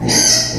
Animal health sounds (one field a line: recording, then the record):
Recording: squeal of a Yucatan mini pig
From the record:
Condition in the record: before surgery on the right vocal fold (resection and tissue-engineered implant)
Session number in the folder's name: 2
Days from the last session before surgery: 0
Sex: male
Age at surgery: 12 weeks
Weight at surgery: 13 kg